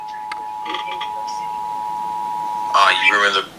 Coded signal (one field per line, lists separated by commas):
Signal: Emergency Alert System (SAME) tones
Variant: 853 and 960 Hz attention tone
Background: speech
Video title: Los Angeles County Monthly EAS Test (7/25/23) (EAS #1,051-1,056)